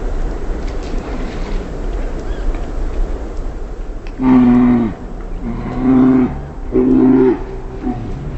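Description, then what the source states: Mammal guttural calls: after a stretch of steady rumbling background noise, three deep, harmonic, moaning calls, each under a second long. Mammal recorded in Katmai, Alaska, on 15 September 2010 at about 07:00, giving guttural calls.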